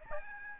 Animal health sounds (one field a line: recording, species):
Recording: mosquito wingbeat signal from an infrared sensor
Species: Aedes albopictus